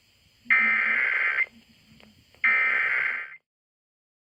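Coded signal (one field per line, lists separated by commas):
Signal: Emergency Alert System (SAME) tones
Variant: header bursts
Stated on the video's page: Required Monthly Test originated from an FM station and relayed to all radio and TV stations in the Denver operational area.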